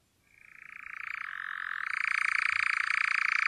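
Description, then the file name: European nightjar churring, the dry continuous trill fading in softly and swelling steadily louder over a few seconds. "natteravn"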